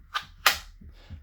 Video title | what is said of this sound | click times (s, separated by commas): Sig Sauer P365 Lipsey's NRA Exclusive : Unboxing & First Impression [ Prepper CCW, EDC ] | You can see the firearm fits in it really nicely, so nice and snug, and you'll hear that click. | 0.5 s